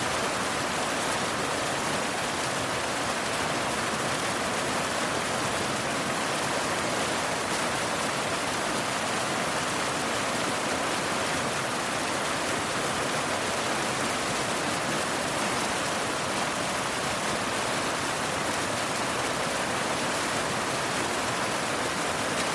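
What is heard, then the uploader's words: A powerful waterfall roars without pause, a dense, steady rush of crashing water from low rumble to bright hiss. The level holds even throughout, unbroken, with no separate events rising above the continuous wash. Powerful Waterfall In A Picturesque Rainforest. The waterfall roars, its powerful cadence reverberating through the forest.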